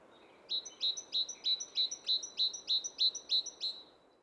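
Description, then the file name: Great tit song: crisp paired notes, high then lower, repeated about ten times at a steady fast pace over soft background noise. "Parus major"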